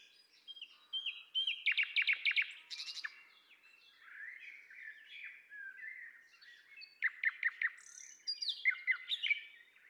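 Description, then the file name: Common nightingale song alternating loud bursts of rapid repeated notes with softer whistled and warbled passages, pausing briefly between phrases. "Luscinia megarhynchos"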